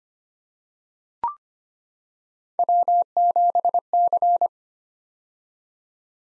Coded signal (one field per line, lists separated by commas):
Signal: Morse code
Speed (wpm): 25 wpm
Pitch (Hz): 700 Hz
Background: none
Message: W7C